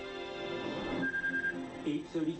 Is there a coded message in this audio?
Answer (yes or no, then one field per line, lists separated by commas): no